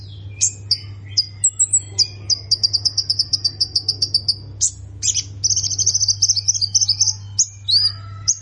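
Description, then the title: Prinia singing varied sharp notes and high whistles, a long run of rapid repeated chips, then a buzzy chattering trill; low hum in background. "Ciblek Sawah"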